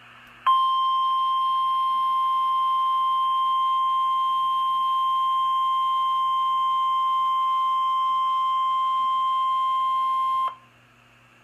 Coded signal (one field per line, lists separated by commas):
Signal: Emergency Alert System (SAME) tones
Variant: 1050 Hz attention tone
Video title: EAS #291 - Tornado Warning (Live Stream) 4-27-2014